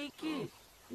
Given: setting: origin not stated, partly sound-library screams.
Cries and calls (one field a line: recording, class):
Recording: one-second piece from a danger detection set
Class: normal situation